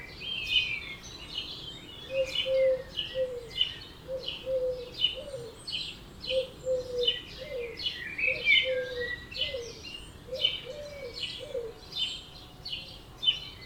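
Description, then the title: Bird chorus: a low, hollow note repeats steadily beneath busy high chirps and trills from other birds. Dawn chorus at 4am in Oberhofen, Inntal, Austria; binaural, for headphones. "Birds Oberhofen Inntal Austria - 4am - binaural version"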